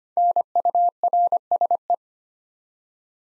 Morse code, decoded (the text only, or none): NURSE